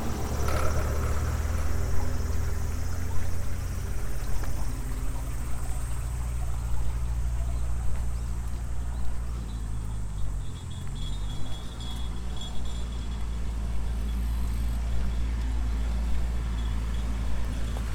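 A field recording in Kyoto with a steady, heavy engine-like rumble, dipping briefly around ten seconds, under faint high whines and light clatter.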